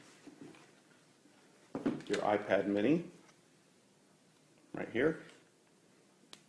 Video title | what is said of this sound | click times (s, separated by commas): How To Set Up The iPad Mini | make sure it clicks and it's seated all the way | 6.3 s